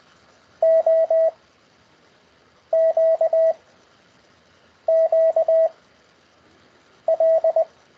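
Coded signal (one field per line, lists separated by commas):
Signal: Morse code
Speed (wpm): 20 wpm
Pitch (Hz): 650 Hz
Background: none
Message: O Q Q L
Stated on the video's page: Morse code practice lesson conducted over Skype.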